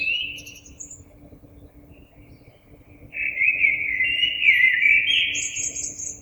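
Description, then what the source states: Common blackbird song: a short warble, a quiet gap, then a long rich fluted phrase finishing with a high, thin twitter. Recorded on 26 April 2022.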